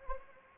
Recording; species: mosquito wingbeat signal from an infrared sensor; Anopheles arabiensis